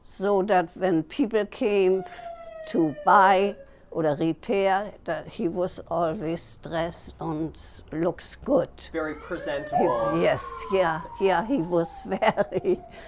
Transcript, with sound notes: so that when people came to buy or repair, that he was always dressed and looks good. [Siren in background]
Very presentable?
Yes. Yeah, yeah, he was very